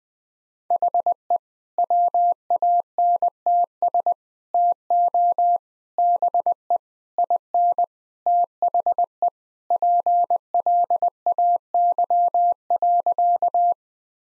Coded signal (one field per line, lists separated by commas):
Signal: Morse code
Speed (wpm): 20 wpm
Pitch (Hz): 700 Hz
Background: none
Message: HE WANTS TO BE IN THE PLAY.